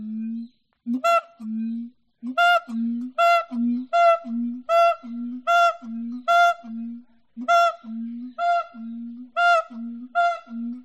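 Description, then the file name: Siamang calling: deep booming notes alternate with loud, harmonic barking hoots in a steady rhythm, more than one per second, with short pauses between. "audio hero Monkey Siamang Monkey"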